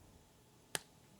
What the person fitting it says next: There we go. You got to make sure they click in.